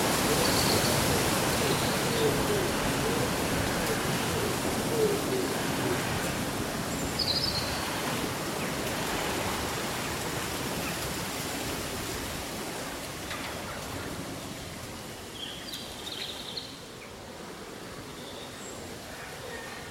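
Summer wind rustles through leaves in a dense, steady hiss that slowly eases and grows quieter over the twenty seconds. A few short bird calls sound faintly above it, around seven seconds and again near sixteen seconds.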